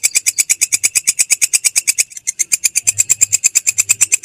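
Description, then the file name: Grasshopper giving rapid, evenly spaced scratchy pulses, with a faint low hum underneath. "suara belalang kecek"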